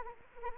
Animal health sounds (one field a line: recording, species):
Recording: mosquito wingbeat signal from an infrared sensor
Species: Anopheles arabiensis